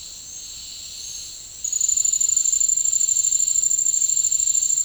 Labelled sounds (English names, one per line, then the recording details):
none
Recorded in dense forest near Puerto Asís, Putumayo, Colombia, on 13 March 2025 at 09:30
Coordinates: 0.485, -76.318
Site G056